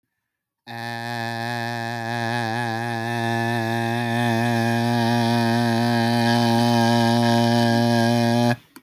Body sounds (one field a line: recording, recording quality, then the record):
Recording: sustained vowel as in made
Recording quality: excellent, no background noise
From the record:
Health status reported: respiratory illness, not identified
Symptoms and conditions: cough, fever, pneumonia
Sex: male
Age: 39 years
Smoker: yes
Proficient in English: yes